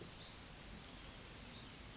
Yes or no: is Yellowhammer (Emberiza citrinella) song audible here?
no